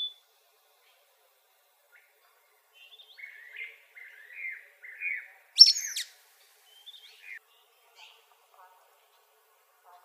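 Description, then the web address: Sulphur-bellied flycatcher, one sharp squealing rising call after a run of soft buzzy chattering notes, with scattered faint chips following. Arizona, 17 May 2007. "Flycatchers SBFL 051707. deviche"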